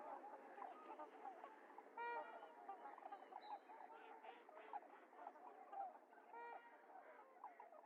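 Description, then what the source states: Trumpeter swans heard in a quieter, continuous stream of overlapping trumpeting honks, with a few louder calls standing out. Several swans recorded on 28 January 2022; the recording is low-cut filtered.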